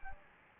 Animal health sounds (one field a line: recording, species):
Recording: mosquito wingbeat signal from an infrared sensor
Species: Anopheles gambiae